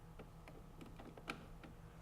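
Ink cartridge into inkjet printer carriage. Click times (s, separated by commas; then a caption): 1.3 s. A new plastic Epson 702XL ink cartridge, with its clip at the back, is set into the carriage of an Epson WorkForce Pro WF-3730 inkjet printer and pressed down gently. Soft ticks and taps sound over a low hum, then one sharp, loud click at 1.3 s as the cartridge latches and seats.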